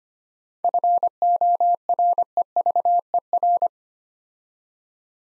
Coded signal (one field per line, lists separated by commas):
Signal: Morse code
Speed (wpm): 25 wpm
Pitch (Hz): 700 Hz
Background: none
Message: FOREVER